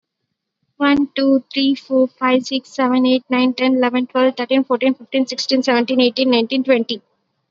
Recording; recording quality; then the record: counting at a fast pace; excellent, no background noise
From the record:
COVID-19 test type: RT-PCR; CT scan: not taken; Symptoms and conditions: none ticked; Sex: female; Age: 18 years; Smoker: no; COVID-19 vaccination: both doses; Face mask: worn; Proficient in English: yes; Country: India